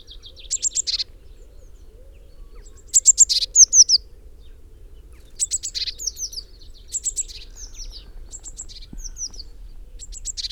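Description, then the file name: Eurasian blue tit calling repeatedly: bursts of harsh churring mixed with thin, high downslurred notes, in several groups throughout. "Cyanistes caeruleus"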